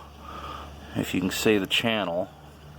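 A T-top trim piece from Blaster Z is handled at its channel on the roof of a 300ZX Z32 while someone talks over a low steady hum. Nothing has seated or clicked yet.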